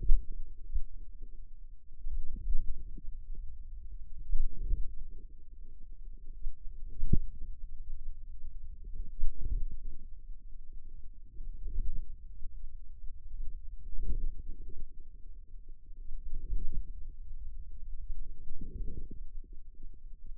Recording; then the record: forearm muscle sounds (acoustic myography)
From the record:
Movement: hand closing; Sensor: system 2, bracelet of six BSWA MPA416 microphones around the upper forearm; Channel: 2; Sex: female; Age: 22 years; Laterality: right